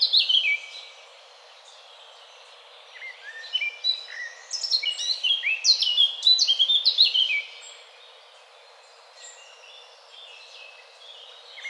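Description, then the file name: Eurasian blackcap song: a short warbled phrase, a pause, then a longer burst of quick descending high notes, followed by quiet and a faint final phrase. "Sylvia atricapilla"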